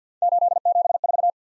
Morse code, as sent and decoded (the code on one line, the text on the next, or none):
---.. --... ....-
874